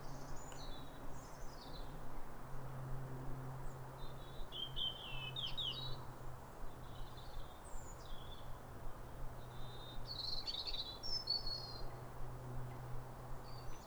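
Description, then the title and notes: European robin song, repeated high thin warbling phrases every few seconds, over a steady low droning hum and background rumble. Pair of robins in neighbouring gardens singing a duet at a clear, calm, rosy New Year sunrise in winter, after weeks of rain; recorded by Fergus Collins. "Sound Escape 150: Be uplifted by a chorus of New Year's robins. A pair of robins in neighbouring gardens welcome the early sun with wistful phrases. BBC Countryfile Magazine. Recorded by Fergus Collins"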